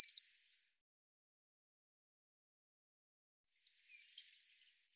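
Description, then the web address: Eurasian blue tit calls: a short burst of high, thin notes at the start, then a longer high twittering phrase about four seconds later, otherwise silent. Cleaned and normalized audio. "cianscape birddata Deverinetal 2025 File cleaned normalized Bird Cy Ca"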